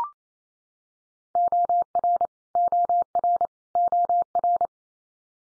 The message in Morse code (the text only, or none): OR OR OR